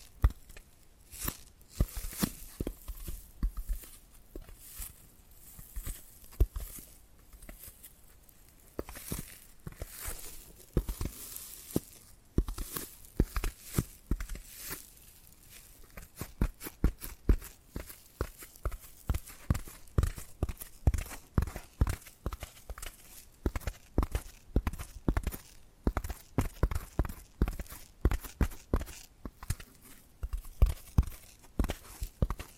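Tapping and scratching go on for the whole stretch as sharp, crisp clicks and knocks over a faint rustle. The taps come loosely spaced at first and grow denser and more rhythmic after about fifteen seconds, forming quick runs of strikes.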